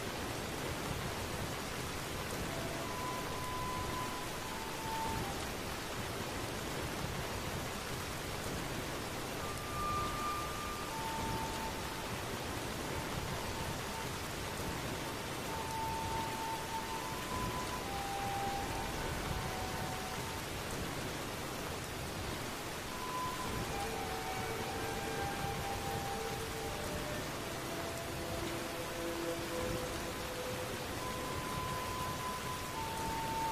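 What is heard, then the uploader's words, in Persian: Rain falls steadily through the night at Hogwarts, a dense, even hiss that stays level from start to finish. Faint, thin tones drift in and out above it, short held notes appearing every few seconds, especially near the beginning and again past the halfway mark. هاگواترز در شب بارانی. پادکستی که میشنوید به کمک "باینورال بیت" تهیه شده (بیت هایی که به صورت دو ضربه با فرکانسهای متفاوت شنیده میشوند).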